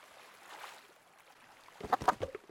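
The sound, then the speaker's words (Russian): A soft watery rush swells, then a huge ocean wave slams down over a boat at night in a few loud, splashing bursts before settling into churning water. “Идет огромная волна и накрывает Моану с головой.”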